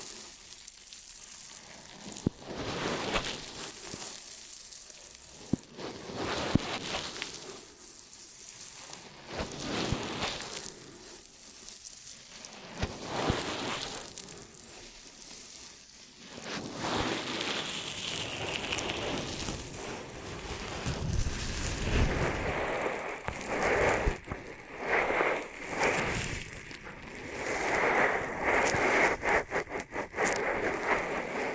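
Ear and scalp massage with rustling, crackling rubs that come in bursts, then a denser, continuous scratchy friction in the second half.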